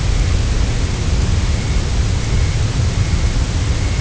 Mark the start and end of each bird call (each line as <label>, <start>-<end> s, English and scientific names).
Dunlin (Calidris alpina), 0.00-4.01 s